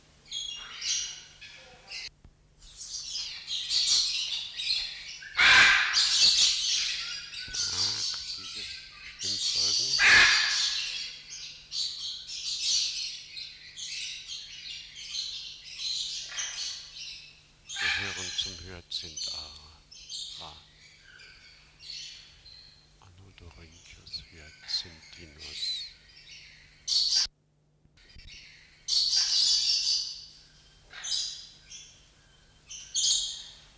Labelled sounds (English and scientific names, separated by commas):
Coconut Lorikeet (Trichoglossus haematodus)